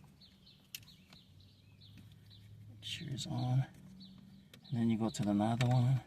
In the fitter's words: You just click it to that, okay?